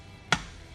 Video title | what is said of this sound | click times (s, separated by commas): Introducing the new SATA Filter 500 | when you attach this you'll hear it it'll click | 0.3 s